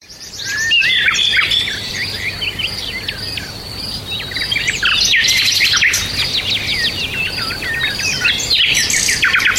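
Bird calls in a dense twittering chorus, quick sliding chirps and short trills tumbling over each other almost continuously, backed by a faint low hum.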